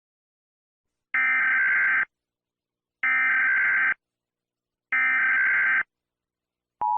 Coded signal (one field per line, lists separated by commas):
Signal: Emergency Alert System (SAME) tones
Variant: header bursts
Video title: EAS SCENARIO 2: The Tornado Outbreak of the Century